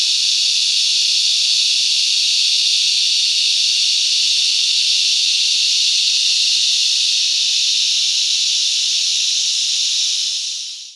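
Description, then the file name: Cicadas and crickets produce a constant, sizzling high-pitched buzz, steady for most before fading away in the final moment. Summer day in Australia. "zapsplat animals insects cicada crickets summer day australia"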